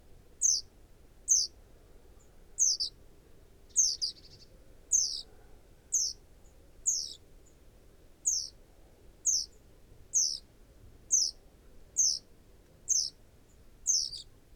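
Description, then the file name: Great tit calls: thin, very high notes sliding downward, repeated roughly once a second throughout, over a faint low background hum. "Parus major"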